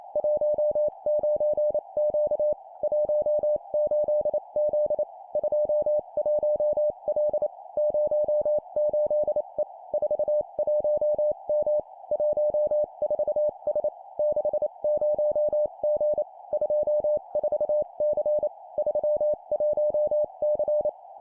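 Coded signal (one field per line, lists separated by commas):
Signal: Morse code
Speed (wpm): 28 wpm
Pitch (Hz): 600 Hz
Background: none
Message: 19Q 18Z 21L 08E 41M 14S 60G 24C 31C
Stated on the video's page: Morse code copy-speed practice at 25 wpm of three-character groups: number, number, letter.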